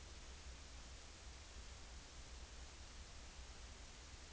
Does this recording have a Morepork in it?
no